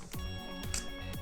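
An O2 sensor cable plug is handled near its matching harness connector while background music with steady tones plays. Two brief handling sounds occur at about 0.1 s and 0.7 s. The two plug halves have not been pushed together yet, and nothing has seated or clicked.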